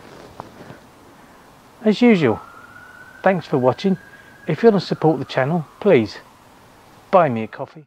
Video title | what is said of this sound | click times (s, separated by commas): Facts about U.K. Traffic lights #8 | being modular it's very simple to do to get the right module and add them on they actually click into place | 0.4 s